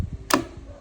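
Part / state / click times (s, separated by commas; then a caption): magazine out of pistol grip via release button / released / 0.3 s. A relocated magazine release button, reversed for left-handed use on a SIG P365, is pressed, and the magazine unlatches from the pistol grip with one loud, sharp click at 0.3 s. The release is confirmed to work.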